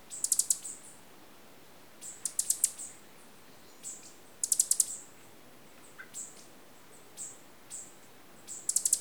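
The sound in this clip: Green honeycreeper with high, thin chips, some doubled or tripled in fast clusters, coming in irregular bursts every couple of seconds.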